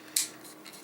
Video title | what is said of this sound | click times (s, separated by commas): Transformers Masterpiece MP 32 Optimus Primal Review | take the monkey chest and shut it down in there and it will click into place | 0.2 s